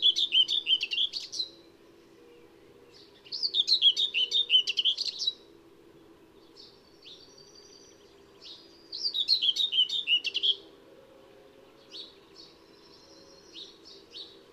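Common whitethroat song: three quick scratchy warbling bursts, each up to about two seconds, spaced a few seconds apart, with thin high notes trailing between them.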